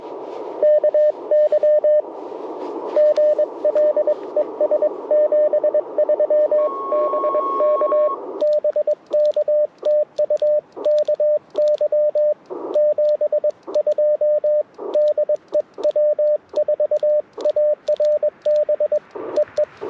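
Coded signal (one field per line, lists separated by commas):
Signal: Morse code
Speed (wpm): 21 wpm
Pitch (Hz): 590 Hz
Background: radio noise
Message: KY GL ES 73 BK BK TU KY 72 DE W4ARB EE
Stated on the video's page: QRP CW Parks on the Air activation in light precipitation, Icom IC-705, Gabil GRA-7350T antenna, Modern Morse Nameless key.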